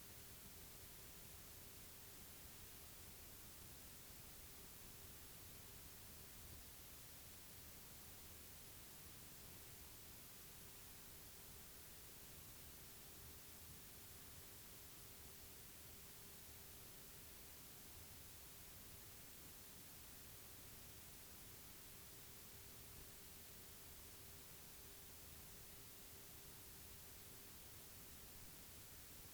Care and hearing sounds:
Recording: daily activity, guitar pickup as the sensor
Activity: sit

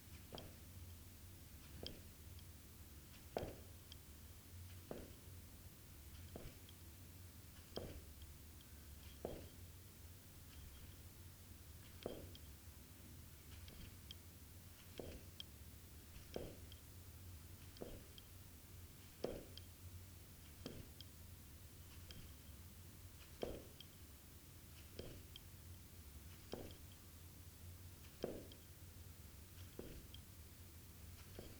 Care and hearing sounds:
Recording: daily activity, guitar pickup as the sensor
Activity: jump

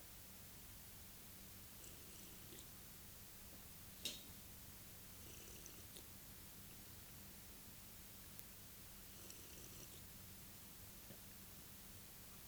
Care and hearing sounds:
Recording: daily activity, guitar pickup as the sensor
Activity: drink water

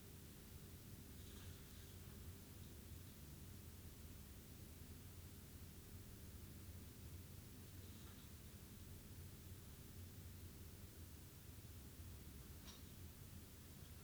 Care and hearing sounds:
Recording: daily activity, guitar pickup as the sensor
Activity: stand

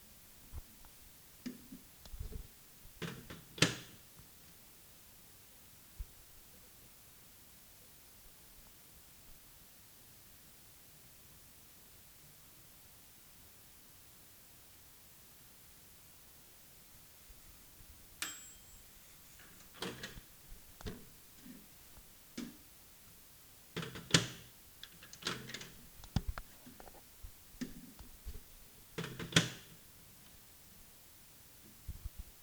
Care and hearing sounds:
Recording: daily activity, guitar pickup as the sensor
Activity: use microwave

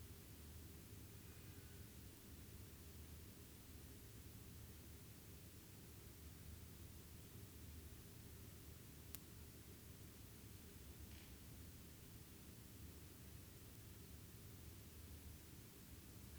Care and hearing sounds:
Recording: daily activity, guitar pickup as the sensor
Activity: sit

